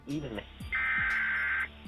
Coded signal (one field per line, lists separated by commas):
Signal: Emergency Alert System (SAME) tones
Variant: header bursts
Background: speech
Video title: Brit Reacts to Americas Creepiest & Rarest EAS Alerts (Featuring Real Events)